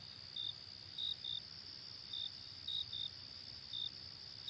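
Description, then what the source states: Cricket chirping in brief bright bursts, some single and some paired, spaced unevenly over a constant shrill insect hum. Night ambience.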